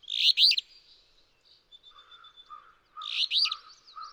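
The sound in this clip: Alder flycatcher: two buzzy, rasping two-part songs about three seconds apart, over a lower bird's steadily repeated short notes and faint high whistles.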